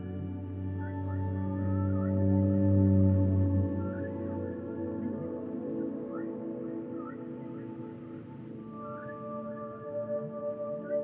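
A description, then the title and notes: Humpback whale calls drift over steady ambient music, with short rising and falling cries scattered every second or so. Long sustained low tones hold underneath like a droning pad, swelling slightly around three seconds, while a soft hiss of ocean noise runs throughout. A meditative and healing Whale Song with a mixture of Humpback whale calls, calming ocean noises and relaxing ambient music.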